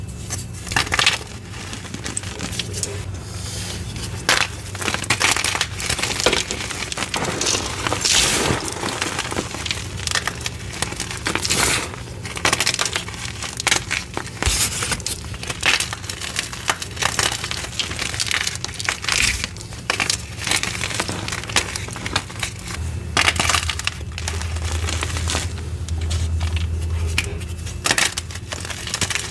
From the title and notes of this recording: Baby Oil Gym Chalk Crushing Compilation.